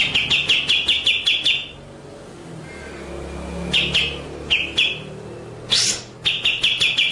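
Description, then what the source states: White-rumped shama giving a fast series of sharp notes, a quiet pause, scattered single notes, a harsh burst, then the rapid run resumes. Masteran (training) song in the full ngerol nembak style.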